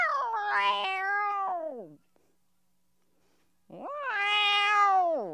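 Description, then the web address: Cat meowing twice, two long harmonic meows with a quiet gap of nearly two seconds between them. "animals cat"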